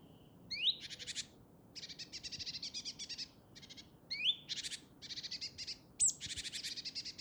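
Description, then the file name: Great tit calls: a few sharp whistle-like notes, each leading into runs of rasping, buzzy scolding notes. "Parus major"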